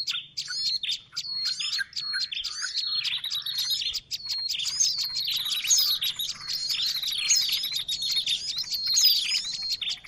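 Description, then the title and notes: Birds twittering steadily, with many short, sharp chirps and little rising and falling notes repeated quickly over a soft low hum. Noisy birds, used as a lure for catching birds. "Master Burung Ribut Durasi Panjang. Burung Ribut Pikat"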